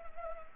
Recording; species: mosquito wingbeat signal from an infrared sensor; Anopheles arabiensis